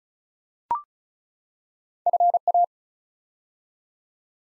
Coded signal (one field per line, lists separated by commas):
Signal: Morse code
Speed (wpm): 36 wpm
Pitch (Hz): 700 Hz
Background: none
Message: FA